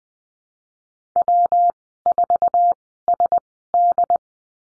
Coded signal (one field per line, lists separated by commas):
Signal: Morse code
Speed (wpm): 20 wpm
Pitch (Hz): 700 Hz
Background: none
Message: W4SD